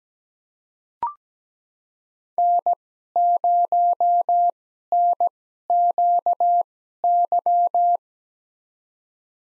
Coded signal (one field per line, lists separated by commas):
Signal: Morse code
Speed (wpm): 17 wpm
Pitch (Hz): 700 Hz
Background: none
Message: N0NQY